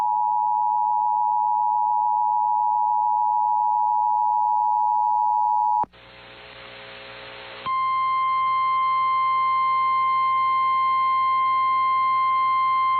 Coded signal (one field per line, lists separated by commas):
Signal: Emergency Alert System (SAME) tones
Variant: 853 and 960 Hz attention tone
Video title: INDEPENDENCE DAY STORMINESS🇺🇲🇺🇲... EAS Alerts from 7/4/22 (EAS 1,202 - 1,222)